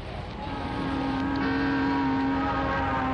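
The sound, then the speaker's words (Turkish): A bus rumbles by in traffic, its steady engine drone holding a low tonal hum that swells slightly as it passes, with no voices present. “Zihni Bey dikkat, otobüs geliyor.”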